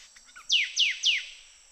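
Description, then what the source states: Sooty thicket fantail call of three descending high whistled notes, rapid and evenly spaced, followed by quiet with a thin constant hiss in the background. Recorded in Papua New Guinea.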